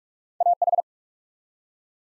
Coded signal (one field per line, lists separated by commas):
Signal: Morse code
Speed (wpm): 44 wpm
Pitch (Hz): 700 Hz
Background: none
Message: AH